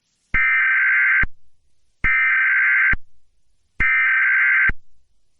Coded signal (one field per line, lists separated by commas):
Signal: Emergency Alert System (SAME) tones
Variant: header bursts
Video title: EAS Scenario | DONT LOOK AT THE SKY |